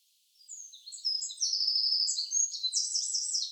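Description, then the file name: Eurasian wren bursting into song, rising from soft high notes into loud piercing twitters and a fast rattling trill near the end. "Troglodytes troglodytes"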